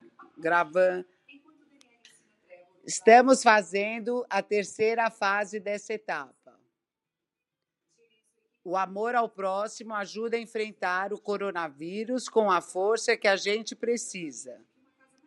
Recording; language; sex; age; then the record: spoken sentence; Brazilian Portuguese; female; 60 to 69 years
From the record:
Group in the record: control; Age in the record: 67 years